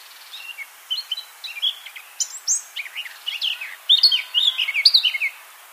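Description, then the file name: Eurasian blackcap song: chattering high notes building into louder, fluty whistled phrases near the end. "Sylvia atricapilla"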